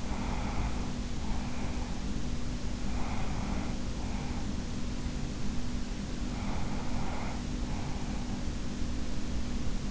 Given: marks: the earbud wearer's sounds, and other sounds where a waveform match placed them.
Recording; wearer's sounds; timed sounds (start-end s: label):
sounds in sleep by an in-ear microphone; breath
0.00-2.02 s: breath
2.85-4.53 s: breath
6.27-8.44 s: breath